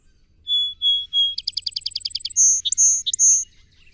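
Song sparrow song: three clear whistled introductory notes, a fast rattling trill of about a dozen chips, then three long high notes with short accents between.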